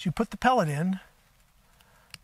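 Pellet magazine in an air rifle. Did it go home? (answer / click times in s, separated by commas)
yes / 2.1 s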